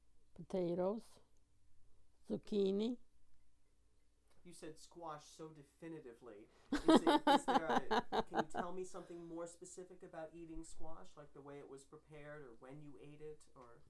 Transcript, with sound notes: potatoes, zucchini.
You said squash so definitively. (laughs) Is there a, can you tell me something more specific about eating squash, like the way it was prepared, or when you ate it, or...